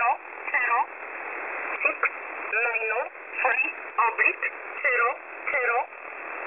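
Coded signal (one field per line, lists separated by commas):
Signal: numbers station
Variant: E11 Oblique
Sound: a voice reading short words at a steady pace through radio hiss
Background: radio static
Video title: E11 Oblique 20/12/2023 1045 UTC 11100kHz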